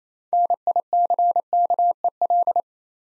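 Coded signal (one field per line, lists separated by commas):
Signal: Morse code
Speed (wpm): 27 wpm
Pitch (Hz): 700 Hz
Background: none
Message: NICKEL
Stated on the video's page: Morse code practice at 28 wpm building six-letter words three letters at a time, for instant character recognition training.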